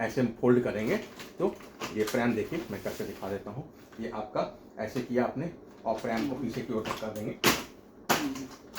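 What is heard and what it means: Someone talks while handling a pram frame, pushing the red button back and then pushing the frame backward to fold it, with brief handling knocks near 7.5 and 8.1 seconds. The fold latch has not seated or clicked yet when the clip ends.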